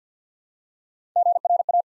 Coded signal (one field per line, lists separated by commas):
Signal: Morse code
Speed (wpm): 50 wpm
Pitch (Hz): 700 Hz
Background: none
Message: GRA